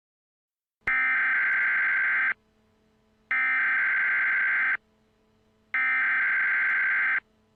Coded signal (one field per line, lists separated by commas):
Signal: Emergency Alert System (SAME) tones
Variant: header bursts